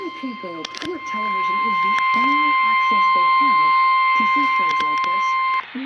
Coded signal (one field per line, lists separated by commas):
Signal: Emergency Alert System (SAME) tones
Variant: 1050 Hz attention tone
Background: speech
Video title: IS IT SUMMER OR WINTER??? EAS Alerts from 3/1-3/24 (EAS #3,685 - 3,708)